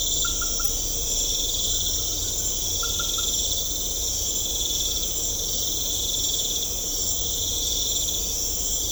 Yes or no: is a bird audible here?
no